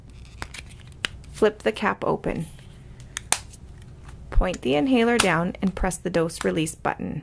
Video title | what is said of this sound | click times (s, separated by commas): ASTHMA 4 | turn the base in the direction of the arrows until it clicks | 1.0 s